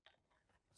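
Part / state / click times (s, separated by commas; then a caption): magazine into rifle magazine well / seated / 0.1 s. During a tactical magazine change, a fresh magazine is pushed into a rifle's magazine well and clicks home at 0.1 s, a sharp bright snap. Softer scraping handling noises follow around 0.3, 0.5 and 0.75 s. The magazine is seated and the rifle is fully topped off.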